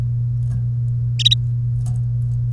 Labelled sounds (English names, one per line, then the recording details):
Domestic Canary song
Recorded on 1 May 2018 at 13:13
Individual llb3